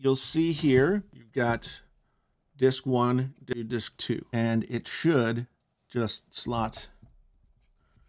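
A 3.5-inch hard drive, disk one, is being slid toward its bay in a UGREEN NAS enclosure that has bays for disc one and disc two. Someone talks throughout, and no distinct knock stands out. The drive has not seated or clicked yet by the end of the clip.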